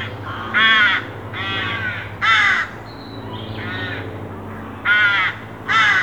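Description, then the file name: Carrion crow: a series of raucous carrion crow caws, six rasping calls at irregular spacing, with a low hum in the background. "Corvus corone"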